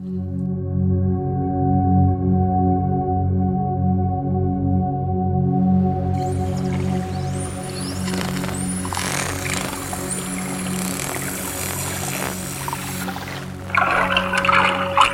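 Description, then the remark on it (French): Underwater dolphin sounds captured with hydrophones: rising, high-pitched whistles and bursts of rapid clicks and buzzes, the buzzes being clicks very close together, enter midway over a steady low engine-like hum that runs throughout. No one speaks. “Les dauphins, en fait, c'est des sifflements et des clics, et puis il y a des buzz.”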